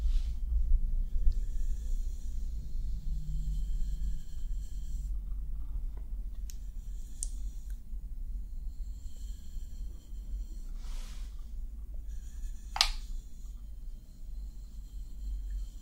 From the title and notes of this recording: ASMR POV Friend Gives You Personal Attention for Sleep ~ face brushing, stroking & massage.